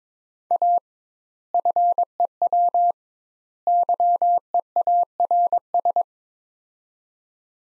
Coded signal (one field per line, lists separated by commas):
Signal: Morse code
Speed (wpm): 22 wpm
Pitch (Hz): 700 Hz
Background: none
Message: A FEW YEARS